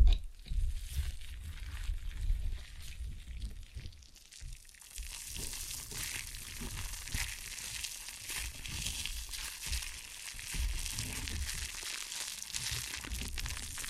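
Ear and scalp massage: a steady, dense rustle of fingers rubbing, with bright scratchy crackles that rise and fall in irregular waves. The opening seconds carry a heavy low rumble of pressure against the ear, which eases after about four seconds into continuous crinkling friction.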